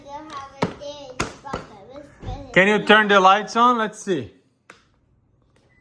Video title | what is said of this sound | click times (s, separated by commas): First Ride on off-road Car 36V Fast 10mph - How To Assemble | So this just snaps in place right here. | 0.6 s, 1.2 s